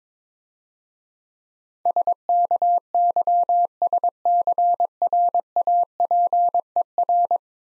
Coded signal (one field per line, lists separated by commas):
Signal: Morse code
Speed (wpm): 22 wpm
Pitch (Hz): 700 Hz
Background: none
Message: SKYSCRAPER